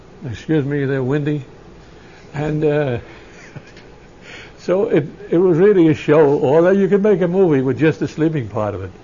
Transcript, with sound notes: Excuse me, they're windy. And, uh, ( he laughs ) so it was really a show. You could make a movie with just the sleeping part of it.